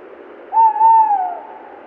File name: Tawny Owl (Strix aluco)